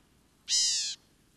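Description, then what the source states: Black-capped gnatcatcher call, a single harsh nasal mewing note lasting about half a second, with a quiet background. Lives in a narrow range from mesquite thickets of southeastern Arizona to dry tropical forests of Colima, western Mexico; population declining from habitat loss.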